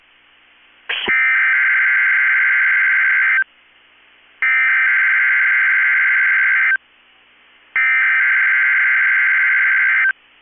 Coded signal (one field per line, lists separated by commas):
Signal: Emergency Alert System (SAME) tones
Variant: header bursts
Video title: 4/6/22 - KEC65 Required Weekly Test (EAS #417)